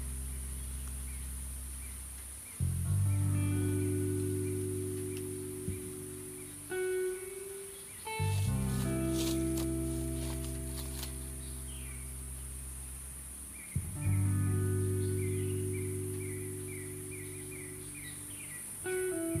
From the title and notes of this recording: Sound of Calm Wave, Cricket sound and Summer Ambience with calming lofi music relaxation.